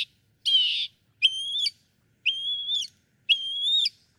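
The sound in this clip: Northern mockingbird song: one rough burred note, then three clear whistled phrases, each slightly rising with an abrupt end.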